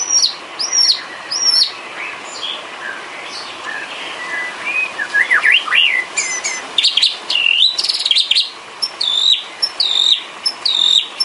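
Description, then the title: Bird: bird song mixing a soft wavering warble with sharp high twittering notes that grow busier toward the end, over a faint steady hum. Complete masteran set of bird chirping, used to train birds. "Kicau Burung Masteran Lengkap"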